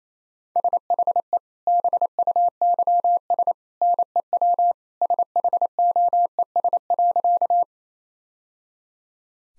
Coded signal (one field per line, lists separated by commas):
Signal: Morse code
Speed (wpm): 28 wpm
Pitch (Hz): 700 Hz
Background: none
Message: SHE BUYS NEW SHOES.